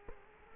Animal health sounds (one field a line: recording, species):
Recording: mosquito wingbeat signal from an infrared sensor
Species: Culex quinquefasciatus